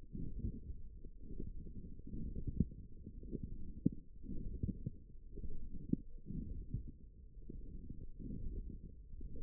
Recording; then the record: forearm muscle sounds (acoustic myography)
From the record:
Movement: forearm pronation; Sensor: system 1, eight BSWA MPA416 microphones around the upper forearm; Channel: 4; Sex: male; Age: 23 years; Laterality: right